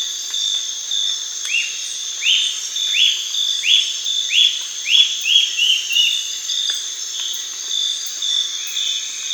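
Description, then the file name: Bird giving a run of several upswept whistled notes over a continuous high-pitched background drone. "SABIOD 50 bird 2015"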